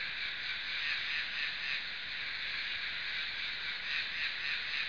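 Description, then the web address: Insects buzzing in a steady, dense drone, with no other clear sounds. "昆虫声音素材"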